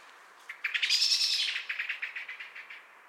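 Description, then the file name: Common blackbird giving a rapid chattering series of sharp notes, loudest early, then fading, over about two seconds. "Turdus merula"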